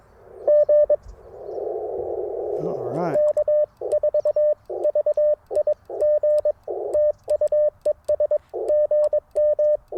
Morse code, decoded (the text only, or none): GK4VIG TU ES GM